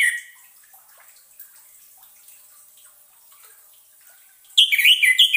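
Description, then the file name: Orange-headed thrush: a brief whistle at the start, a long quiet stretch, then a lively burst of warbled, sliding notes. Used as a lure sound, intended to keep the bird from becoming stressed. "suara pancingan burung anis merah agar tidak stress"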